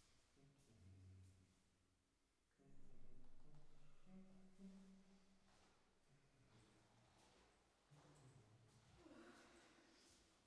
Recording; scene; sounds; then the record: everyday scene through a hearing-aid microphone; reverberant space; speech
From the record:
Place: staircase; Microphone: behind the ear, right, rear